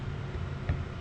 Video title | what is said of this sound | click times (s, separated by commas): (Part 1) 79CC Predator Crank And Piston Install | Okay, so the torque wrench clicks over. | 0.7 s